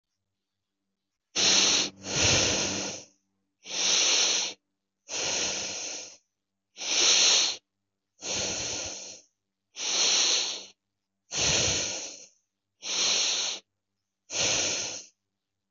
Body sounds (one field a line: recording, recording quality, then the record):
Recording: shallow breathing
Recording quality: excellent, no background noise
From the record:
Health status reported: healthy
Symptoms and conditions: none ticked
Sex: male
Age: 40 years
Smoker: not ticked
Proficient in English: yes